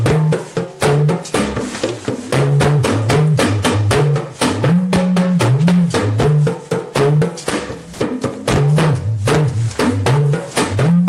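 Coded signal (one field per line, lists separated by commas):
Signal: talking drum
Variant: Yoruba dùndún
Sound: fast sequence of drum strokes with low pitch gliding up and down like speech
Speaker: that is to say cabo shi da [Music] welcome everybody we have been expecting every single uh one of you and then did you arrive safely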